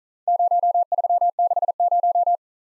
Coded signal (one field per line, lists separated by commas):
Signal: Morse code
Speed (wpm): 39 wpm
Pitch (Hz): 700 Hz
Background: none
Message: 0360